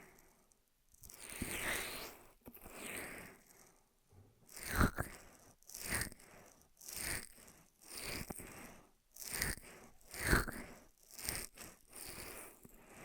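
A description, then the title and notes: An ASMR ear massage: bursts of rubbing and crinkly, crunching friction come in waves about once a second, each swelling and fading into a short hush. The texture is bright and scratchy, with a few sharper taps near the five and ten second marks. ASMR 10 Ear Massages for Sleep (No Talking).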